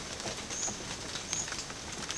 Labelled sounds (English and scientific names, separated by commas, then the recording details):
none
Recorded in secondary vegetation near Puerto Asís, Putumayo, Colombia, on 30 June 2025 at 12:30
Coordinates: 0.500, -76.326
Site GP08